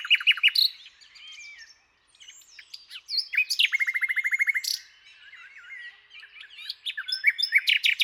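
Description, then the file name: Common nightingale song with quick opening notes, a long fast rattling trill of repeated chips, and varied whistled phrases afterward. "Luscinia megarhynchos"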